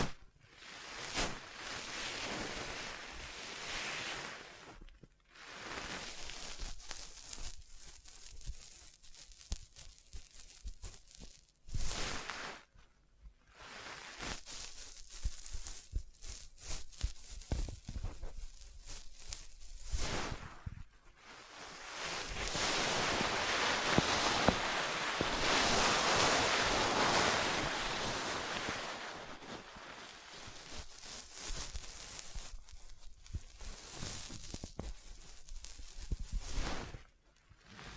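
Scratching and tracing across a surface make a rough, hissing rush that swells and fades like surf, with sharp gaps near 5, 12 and 20 seconds. The densest, brightest stretch runs from about 22 to 28 seconds, with brief clicks scattered throughout.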